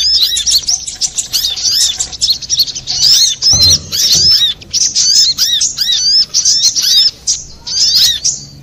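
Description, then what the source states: Little spiderhunter chattering song: dense, rapid high chirps and squeaky arched notes in short bursts with brief pauses, and a brief low thump near the middle. Master recording (masteran) for training cage birds, labelled Labaik.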